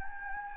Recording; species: mosquito wingbeat signal from an infrared sensor; Anopheles gambiae